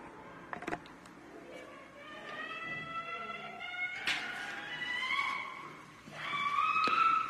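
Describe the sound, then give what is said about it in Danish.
A woman screams loudly from another room during a heated argument with a man, long shrill wails that rise and fall in pitch and grow louder and harsher toward the end, with a few brief knocks early on. “Damen derinde skriger vanvittigt meget. Jeg tror aldrig, jeg har hørt nogen skrige så højt.”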